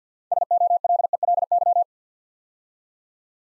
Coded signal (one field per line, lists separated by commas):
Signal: Morse code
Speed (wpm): 50 wpm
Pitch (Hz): 700 Hz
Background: none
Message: SOLELY